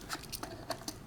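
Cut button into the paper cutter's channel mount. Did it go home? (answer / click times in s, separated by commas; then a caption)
no / none. A new cut button is lined up center to center with the single channel on an electric paper cutter and slid in by hand. Brief handling noises and light taps are heard, the sharpest near 0.4 and 0.9 seconds. Nothing has clicked or seated yet.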